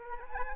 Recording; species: mosquito wingbeat signal from an infrared sensor; Anopheles arabiensis